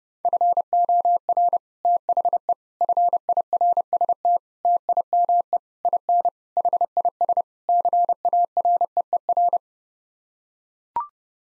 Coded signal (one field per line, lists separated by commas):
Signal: Morse code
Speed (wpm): 32 wpm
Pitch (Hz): 700 Hz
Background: none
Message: FOR THE FIRST TIME IN HIS CAREER